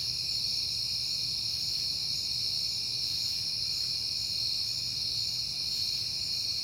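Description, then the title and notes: Crickets trilling steadily in a shrill continuous chorus, with a faint deep hum in the background. Crickets at night in September, on a peaceful night. "Night Time: Crickets and Passing Cars. It is September and I have been hearing the crickets a lot"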